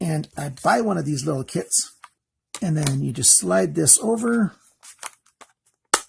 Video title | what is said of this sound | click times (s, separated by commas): ORICO overview of USB3 HUBS and HDD Enclosures | and it clicks into place. | 5.9 s